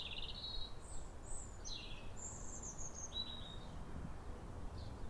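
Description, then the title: European robin singing quick sequences of thin, high whistles and descending slurs, set against low-pitched background noise. Pair of robins in neighbouring gardens singing a duet at sunrise on New Year in winter, clear calm rosy morning after weeks of rain. "Sound Escape 150: Be uplifted by a chorus of New Year's robins"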